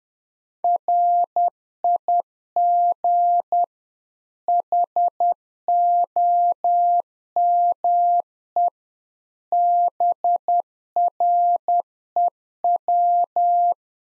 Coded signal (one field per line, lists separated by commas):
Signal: Morse code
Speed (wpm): 10 wpm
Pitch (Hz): 700 Hz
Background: none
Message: RIG HOME BREW